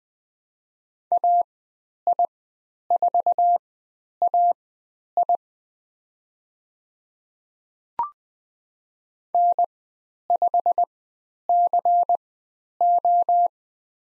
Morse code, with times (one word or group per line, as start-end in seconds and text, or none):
1.1-5.4 AI4AI
9.3-13.5 N5CO